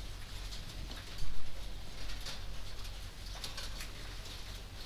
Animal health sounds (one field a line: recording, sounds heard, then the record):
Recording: poultry house recording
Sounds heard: no chicken sound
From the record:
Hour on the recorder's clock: 19